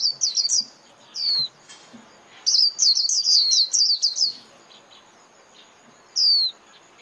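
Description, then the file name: White-eye: high descending chirps in short bursts, a rapid string of notes mid-way and a single slurred note near the end. White-eye lure call (mồi) used for trapping birds. "Tieng khuyen moi"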